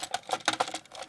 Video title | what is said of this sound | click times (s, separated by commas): RED STAR AK47 by ECHO1 | see i'm not even good at it yet as soon as you hear that click you're ready to go | 0.5 s